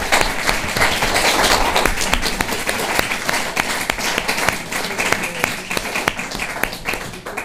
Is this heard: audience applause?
yes